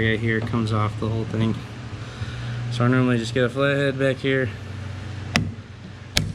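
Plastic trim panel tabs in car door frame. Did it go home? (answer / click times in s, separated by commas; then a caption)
released / 5.4 s, 6.2 s. Someone talks while prying the plastic interior mirror-corner trim panel off the door frame of a 2003–2008 US Subaru Forester with a flathead screwdriver, during a JDM STI mirror swap. The panel's plastic tabs around the sides release with two sharp clicks at 5.4 s and 6.2 s, and the trim pops out.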